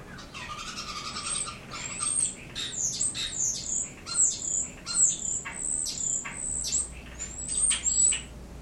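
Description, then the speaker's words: European starling calls, a varied, irregular run of high thin whistles, squeaky notes and harsh clucks and chucks. Recorded in a master bathroom, the bird seemingly inside the venting; a variable mix of high 'pts' calls, clucks and chucks. "European starlings. You can hear a lot of that pts, pts, pts, little high frequency calls and clucks and chucks. It's variable."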